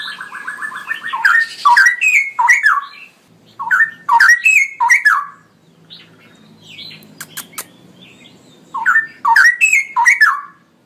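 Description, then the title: Straw-headed bulbul song: rich, gurgling whistled phrases in loud bursts, repeated after short pauses, with a few sharp clicks between them. Male, singing loudly and energetically with long rolling phrases. "Cucak ROWO Jantan GACOR Suara Lantang ROoo EL Panjang"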